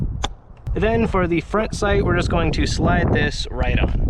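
A plastic rear sight is lined up on the top rail of a Siren BLINK foam dart blaster and pushed straight down, clicking into place at 0.2 seconds with a sharp snap. Someone then talks for the rest of the clip.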